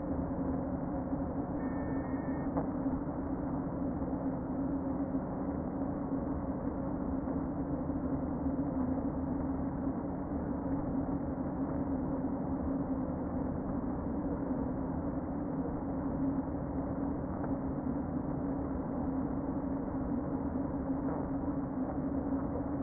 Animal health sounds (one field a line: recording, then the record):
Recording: honeybee colony, microphone inside the hive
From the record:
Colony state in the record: queen present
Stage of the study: before two queens were removed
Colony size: about 60,000 bees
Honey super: yes